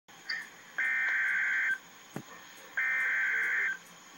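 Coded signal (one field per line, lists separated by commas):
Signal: Emergency Alert System (SAME) tones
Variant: header bursts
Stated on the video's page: Real EAS severe thunderstorm warning.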